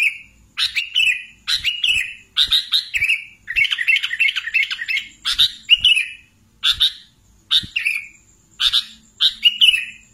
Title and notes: Kicau Burung Kutilang